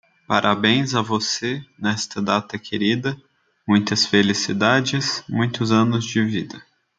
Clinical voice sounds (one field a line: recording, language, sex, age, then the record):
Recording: short text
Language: Brazilian Portuguese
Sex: male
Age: 20 to 29 years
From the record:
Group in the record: control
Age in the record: 25 years